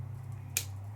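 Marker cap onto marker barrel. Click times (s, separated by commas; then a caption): 0.6 s. A plastic cap is snapped fully onto a marker barrel over a steady low hum, and one sharp click sounds at 0.6 s. The cap is seated, and that click matters because the markers dry out if the cap is on without clicking.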